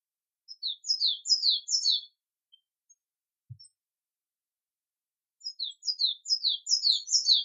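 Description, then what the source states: Bird song: two bursts of rapid, high, downslurred notes separated by a pause that holds a single soft low thump. Native bird.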